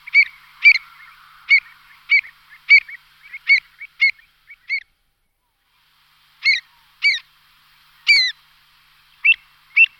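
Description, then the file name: Pied avocet calls, short clear fluty notes repeated in an uneven series with a pause. "tenkozobec opačný"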